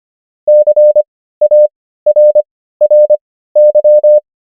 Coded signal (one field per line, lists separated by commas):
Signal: Morse code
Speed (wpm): 25 wpm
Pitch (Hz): 600 Hz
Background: none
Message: CARRY